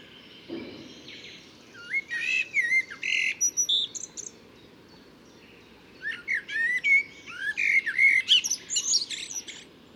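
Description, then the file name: Common blackbird song in two bursts of varied fluty notes and shrill twittering, with a brief pause of quieter background between them. "Turdus merula"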